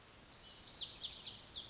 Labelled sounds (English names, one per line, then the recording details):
Lazuli Bunting
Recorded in Sonoma County, California